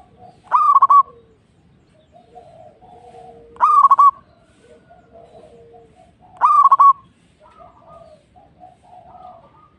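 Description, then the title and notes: Zebra dove cooing song: three short trilled, stammering phrases about three seconds apart, with quiet background bird calls in the gaps. Local bird. "Kicau Perkutut Lokal. Kicau Burung Perkutut"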